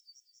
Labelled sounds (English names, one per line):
Yellowhammer song